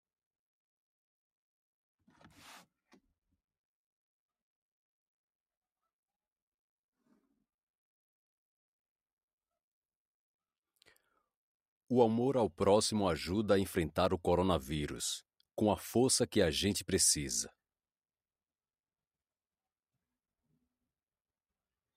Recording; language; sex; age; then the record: spoken sentence; Brazilian Portuguese; male; 30 to 39 years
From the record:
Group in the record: control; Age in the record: 36 years